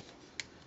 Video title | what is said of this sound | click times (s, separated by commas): DINOBOT SNARL POWER OF THE PRIMES ROB A REVIEWS | are gonna click into place just like that up there then | 0.4 s